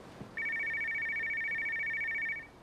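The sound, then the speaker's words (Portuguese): A landline telephone in the show Hannah Montana rings once, a steady, high-pitched electronic tone held for about two seconds before cutting off as an answering machine picks up, with no voices around it. “Não estamos em casa. Deixe mensagem.”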